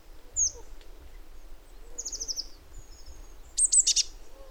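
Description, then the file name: Eurasian blue tit calls: a single high downslurred note, then a fast series of short high notes, and finally a short buzzy burst, over quiet low background rumble. "Cyanistes caeruleus"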